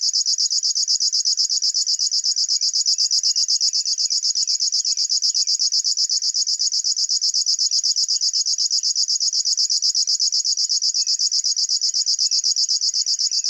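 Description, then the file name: River warbler song, a high, dry, insect-like pulsed buzz running without a break for the whole stretch, with faint thin notes underneath. "Schlagschwirl - Locustella fluviatilis"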